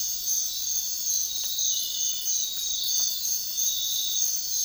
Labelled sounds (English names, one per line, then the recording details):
none
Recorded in dense forest near Puerto Asís, Putumayo, Colombia, on 4 March 2025 at 05:00
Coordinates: 0.500, -76.322
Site GP06